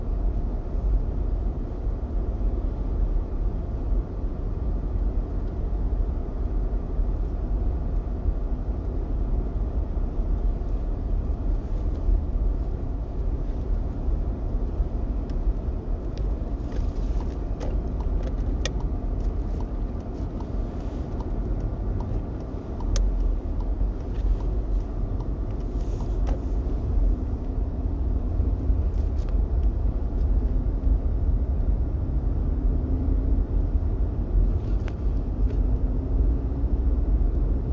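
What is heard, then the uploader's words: A car drives along with a steady, deep rumble of engine and road noise that fills the whole stretch. Small clicks and ticks turn up now and then, mostly in the second half, and a faint rising whine appears near the end. ASMR A drive to work.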